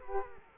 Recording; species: mosquito wingbeat signal from an infrared sensor; Culex quinquefasciatus